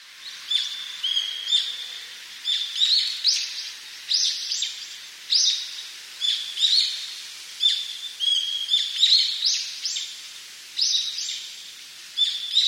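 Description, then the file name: Brown-eared bulbul giving loud, harsh, high calls, many screechy bursts repeated about every second with short pauses. "hiyodori"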